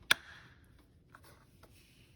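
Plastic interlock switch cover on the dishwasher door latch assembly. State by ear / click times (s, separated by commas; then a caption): seated / 0.1 s. On a GE dishwasher, after the door interlock switches are replaced, the plastic cover over them on the door latch assembly is hooked on at its two top clips and pushed over until it snaps into place. A sharp, loud click at 0.1 s is the cover seating, followed by two much fainter ticks at about 1.1 and 1.6 s.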